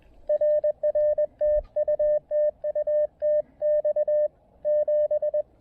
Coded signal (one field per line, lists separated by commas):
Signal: Morse code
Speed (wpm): 20 wpm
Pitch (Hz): 590 Hz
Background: radio noise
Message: RR TU TU TX 7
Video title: Mount Pisgah: SOTA from an Observation Deck Rail and an Improvised Wire Antenna Deployment!